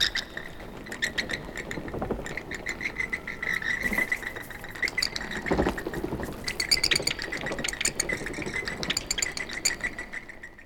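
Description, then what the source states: Bats squeaking: dense rapid clicks and high chirps over a steady shrill tone, thickening between about six and nine seconds. Bats squeaking and flying.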